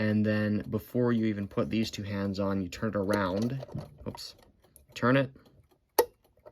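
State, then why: Seated. Someone talks while turning the alarm setting knob of a Westclox Spur Style 1 mechanical alarm clock movement before the hour and minute hands are fitted. The metal alarm setting cam drops into place with a sharp click at 6.0 s, and a faint tick follows at 6.5 s.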